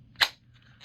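A TOPS Szabo Express fixed-blade knife is pushed into its two-piece Kydex sheath and snaps home with a single sharp click at 0.2 s. The knife is fully seated, and no one speaks in the clip.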